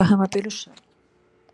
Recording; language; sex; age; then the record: short text; Brazilian Portuguese; female; 60 to 69 years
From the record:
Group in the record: control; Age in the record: 62 years